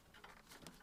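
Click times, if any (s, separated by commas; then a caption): none. A plastic electrical wiring plug is handled at the coolant sensor of a 2001–2006 Honda CR-V during replacement of the radiator cooling fan and A/C condenser fan. Soft rustling and light plastic taps are heard, with a brief sharper tap at 0.7 s. Nothing has seated or clicked yet, and the connector is not home.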